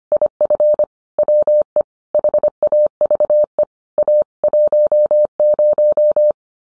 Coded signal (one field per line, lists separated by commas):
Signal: Morse code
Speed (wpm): 25 wpm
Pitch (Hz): 600 Hz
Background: none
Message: IF WE HAVE A 10